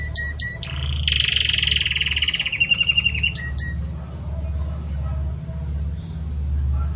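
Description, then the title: Belgian canary song with brief high whistles and a buzzy rolling trill, then a pause with only low background noise. Belgian canary breed, pure "campainha" song style with pauses, for training. "Canto Canário Belga Campainha Puro Com Pausa Para Treinamento"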